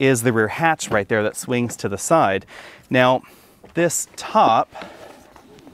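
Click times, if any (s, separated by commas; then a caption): none. Someone talks while handling the rear edge of the soft top on a 2022 Jeep Wrangler 4xe Plug In Hybrid, bringing it down toward the metal rear hatch that swings to the side, where it is meant to snap in and form a watertight seal. After the talking, a few faint short ticks are heard at about 5.4, 5.6 and 5.7 seconds. Nothing has snapped into place yet.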